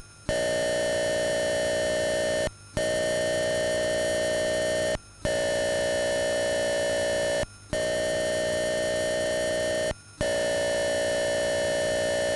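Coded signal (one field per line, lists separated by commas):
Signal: computer data on cassette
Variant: Atari 8-bit cassette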